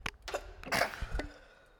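A few short catching breaths lead into one forceful, hissing burst, then a brief closing sound, all within under two seconds in a small room. It is a single adult sneeze.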